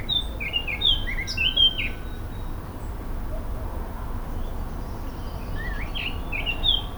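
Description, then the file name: Eurasian blackcap with two short bursts of rapid, varied warbling notes, one at the start and another near the end, separated by quiet background hiss. "Sylvia atricapilla"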